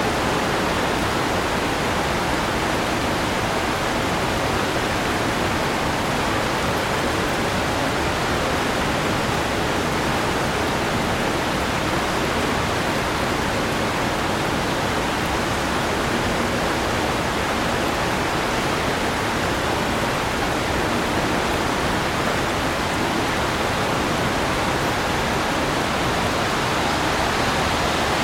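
Heavy rain pours down steadily over a city centre, a dense, unbroken hiss that spreads from low rumble to bright spatter. The downpour holds the same level for the whole half minute, with no distinct drops, gusts or other sounds standing out.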